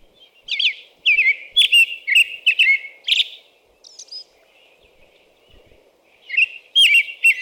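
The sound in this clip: American robin delivering a run of whistled, slurred phrases, a high thin note, a pause of about two seconds, then more caroling.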